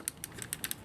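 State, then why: Not seated. The plastic front bumper of a Masterpiece Springer toy figure is handled during transformation, being curled around the shoulder section so that a small tab will lock it in place. Several short, light clicks and taps are heard, the sharpest near 0.1 s and others around 0.5 to 0.7 s. The tab has not locked and nothing has seated yet.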